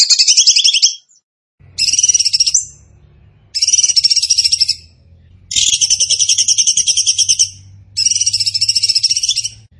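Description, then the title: Bird song: five rough, buzzy trilled phrases, separated by short pauses, over a faint low hum. Masteran training recording in the tembakan gacor style. "Masteran Burung Tembakan Gacor"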